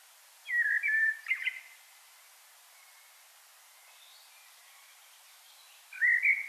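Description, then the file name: Common blackbird song: a mellow whistled phrase closing in a scratchy flourish, then several seconds of quiet before another fluty warble. "Turdus merula"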